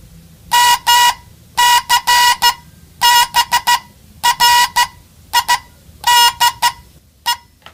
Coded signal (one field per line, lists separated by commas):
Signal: Morse code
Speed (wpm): 14 wpm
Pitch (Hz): 960 Hz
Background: none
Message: MCBRIDE